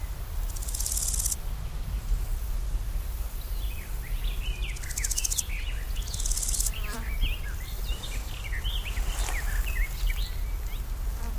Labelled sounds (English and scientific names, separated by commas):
Large Gold Grasshopper (Chrysochraon dispar) stridulation